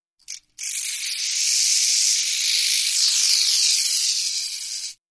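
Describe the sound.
Rattlesnake rattling, a steady high, hissing buzz held for over four seconds after a brief opening burst, with no other sounds.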